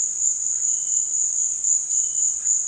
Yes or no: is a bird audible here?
no